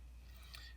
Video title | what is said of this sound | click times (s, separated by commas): CRKT Rollock Review (an interesting little knife) | and then that lock will snap into place right behind it | 0.6 s